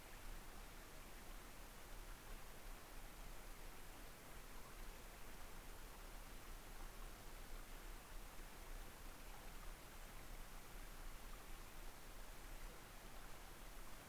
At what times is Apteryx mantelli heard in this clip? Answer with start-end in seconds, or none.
none